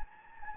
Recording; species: mosquito wingbeat signal from an infrared sensor; Anopheles gambiae